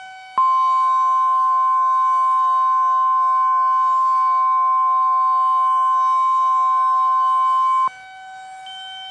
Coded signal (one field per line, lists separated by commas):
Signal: Emergency Alert System (SAME) tones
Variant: 1050 Hz attention tone